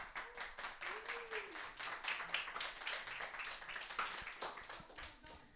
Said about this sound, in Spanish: Un aplausito más